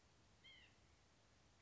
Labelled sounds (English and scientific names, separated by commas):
White-breasted Nuthatch (Sitta carolinensis)